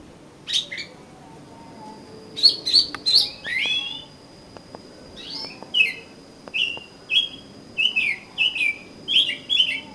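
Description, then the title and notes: Oriental magpie-robin song, varied whistled and slurred notes, many sliding, in short bursts separated by pauses. "suara kacer. kumpulan suara burung kacer"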